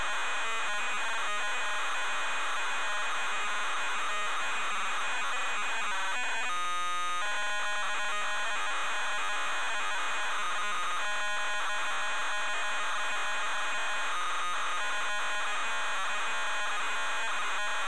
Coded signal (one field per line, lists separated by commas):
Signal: ZX Spectrum tape loading